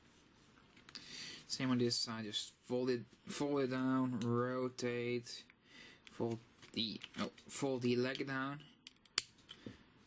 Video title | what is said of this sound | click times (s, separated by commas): Transformers FansProject Volar/Velos Review! | click into place it's a stopping point right there so that's pretty good | 9.2 s